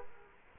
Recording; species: mosquito wingbeat signal from an infrared sensor; Culex quinquefasciatus